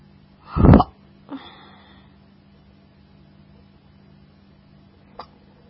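A sharp, loud hiccup, then a softer one a second later, then a faint click near five seconds: an adult's fast, painful hiccups.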